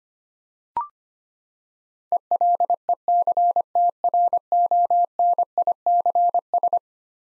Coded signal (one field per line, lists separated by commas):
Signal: Morse code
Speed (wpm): 25 wpm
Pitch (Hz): 700 Hz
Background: none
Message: ELECTRONICS